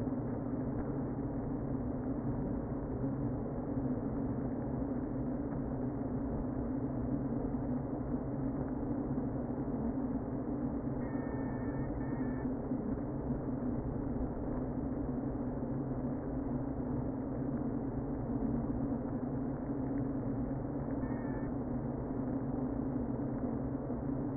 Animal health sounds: honeybee colony, microphone inside the hive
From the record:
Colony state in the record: queen present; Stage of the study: before two queens were removed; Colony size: about 60,000 bees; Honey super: yes

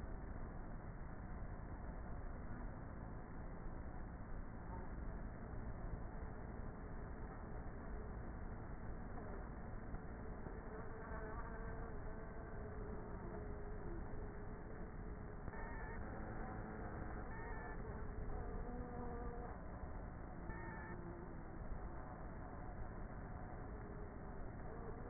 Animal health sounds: honeybee colony, microphone inside the hive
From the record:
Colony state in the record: queenless with a low population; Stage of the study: before two queens were removed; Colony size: about 30,000 bees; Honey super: no

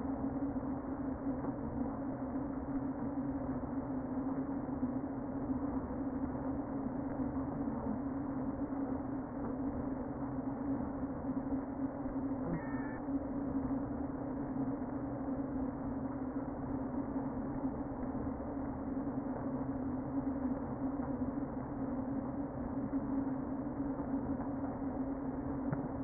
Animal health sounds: honeybee colony, microphone inside the hive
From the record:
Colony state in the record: queen present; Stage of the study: before two queens were removed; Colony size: about 60,000 bees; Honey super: yes

